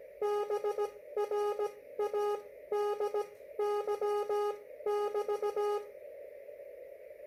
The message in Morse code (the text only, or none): BRADY<BT>